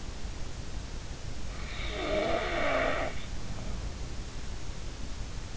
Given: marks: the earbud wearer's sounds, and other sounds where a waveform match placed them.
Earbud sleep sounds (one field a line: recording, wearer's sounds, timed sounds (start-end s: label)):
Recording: sounds in sleep by an in-ear microphone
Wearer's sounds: snoring breath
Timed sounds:
1.75-4.07 s: snoring breath